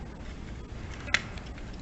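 A plastic housing piece is gently popped back into place on an alarm clock body during reassembly, giving one sharp, loud click at 1.1 s over a low background rumble. A couple of faint ticks follow, and the piece is seated.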